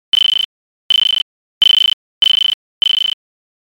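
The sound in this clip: Insect chirping, five high, pure-toned chirps, each a quick burst of several pulses, repeating about every two-thirds of a second with silence between.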